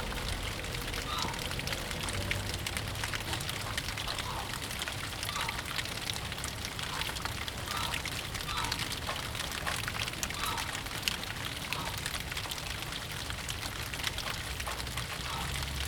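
Cold January rain falls steadily in a backyard, a dense, even hiss with scattered brighter drips and a low rumble underneath throughout.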